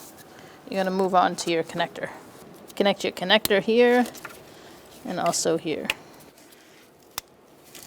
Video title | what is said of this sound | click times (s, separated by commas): How to Replace AC Condenser & Receiver Drier Assembly 2004-2009 Mazda 3 | Make sure you hear the click. | 7.2 s